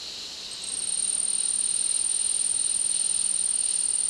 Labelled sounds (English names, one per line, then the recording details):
none
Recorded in dense forest near Puerto Asís, Putumayo, Colombia, on 20 February 2024 at 16:00
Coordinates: 0.499, -76.324
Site G6469